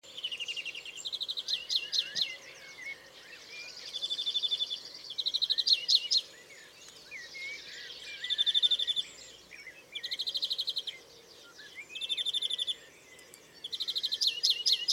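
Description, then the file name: European greenfinch song, a run of fast twittering trills and buzzy rattles repeated in bursts, over faint steady background noise. "Chloris chloris"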